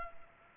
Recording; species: mosquito wingbeat signal from an infrared sensor; Culex pipiens